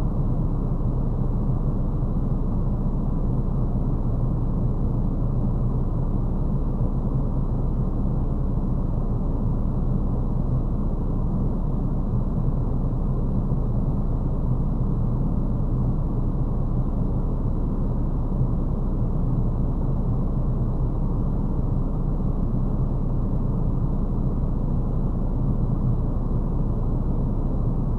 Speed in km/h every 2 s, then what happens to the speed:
0, 0, 0, 0, 0, 0, 0, 0, 0, 0, 0, 0, 0, 0.
0-28 standing.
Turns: none.